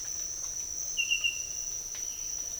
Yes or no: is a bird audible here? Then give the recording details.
no. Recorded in dense forest near Puerto Asís, Putumayo, Colombia, on 13 March 2025 at 06:30. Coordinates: 0.503, -76.323. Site GP09